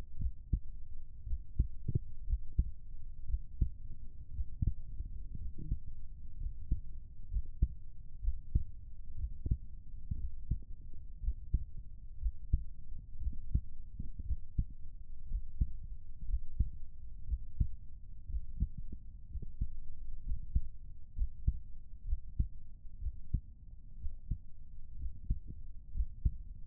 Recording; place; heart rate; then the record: heart sounds by stethoscope; pulmonary valve (PV); 58 bpm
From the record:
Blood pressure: 116/67 mmHg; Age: 27 years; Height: 171 cm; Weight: 69 kg